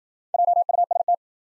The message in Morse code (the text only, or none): JUST